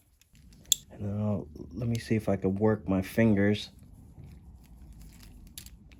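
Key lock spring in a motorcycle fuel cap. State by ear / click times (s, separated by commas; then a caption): released / 0.7 s. With the original fuel cap removed from a Yamaha R6 motorcycle, fingers compress the lock spring in the cap to free a stuck key, and a sharp, loud click sounds at 0.7 s as the spring releases. Someone then talks, with a few faint ticks near the end.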